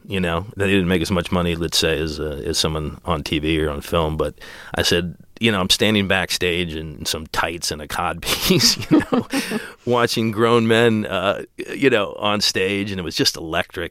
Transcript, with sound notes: You know, they didn't make as much money, let's say, as someone on TV or on film but I said, you know, I'm standing backstage in some tights and a codpiece, you know. (LAUGHTER) Watching grown men, you know, on stage and it was just electric.